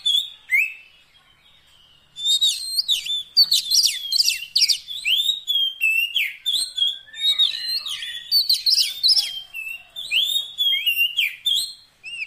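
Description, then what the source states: Oriental magpie-robin song: a short opening phrase and a pause, then a long, dense, fast run of loud, varied whistled phrases and sharp chirps. Long-duration fill-in (isian) song track meant to make the bird sing energetically (gacor) day and night.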